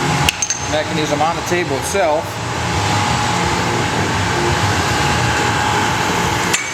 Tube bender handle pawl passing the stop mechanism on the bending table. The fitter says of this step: just going to grab a hole of it pull it forward you hear it click past the uh stop